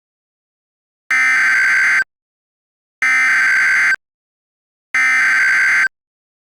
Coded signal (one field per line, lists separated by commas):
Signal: Emergency Alert System (SAME) tones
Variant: header bursts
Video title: K-Pop Demon Hunters Rampage - An EAS Scenario (POPULAR)